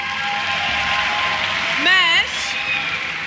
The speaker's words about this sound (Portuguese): Uma salva de palmas também para lá, o Henrique. Para aquecermos. Hoje é uma noite de palmas.